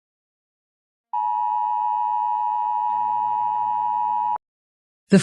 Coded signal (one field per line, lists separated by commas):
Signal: Emergency Alert System (SAME) tones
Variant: 853 and 960 Hz attention tone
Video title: EAS Scenario #10 - The Eclipse (200 Subscribers)